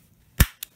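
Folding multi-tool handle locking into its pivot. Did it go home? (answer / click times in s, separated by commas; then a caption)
yes / 0.4 s. The lock button on a Stanley 14-in-1 folding locking multi-tool is pressed and the pliers handles are swung further out, locking into their pivot. A sharp, loud snap with a low thump at 0.4 s is followed by two fainter, brief ticks at about 0.6 s and 0.8 s. The handles snap into their locked position at 0.4 s.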